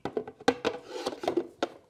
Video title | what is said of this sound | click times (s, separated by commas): CYCROWN ULTRA Powerful E Bike | one click it that will hold it until you | 0.5 s